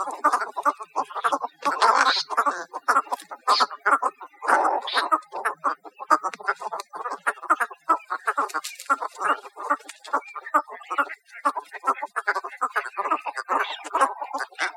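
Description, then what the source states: Cattle Egrets croaking and clucking almost continuously, a long chorus of coarse, chattering notes from many birds. Recorded in Costa Rica on 4 August 2008.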